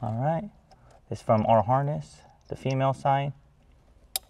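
Someone talks while the female side of a Beat-Sonic amplifier harness is pushed into the plastic wiring connector of a 2024 Toyota RAV4. A sharp, brief click sounds at 4.2 s as the connector seats.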